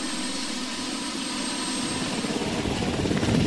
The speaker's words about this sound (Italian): L'elicottero di Barack Obama che scende nella base aerea di Dover, nel vicino stato del Delaware.